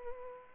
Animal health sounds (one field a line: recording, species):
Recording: mosquito wingbeat signal from an infrared sensor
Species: Culex pipiens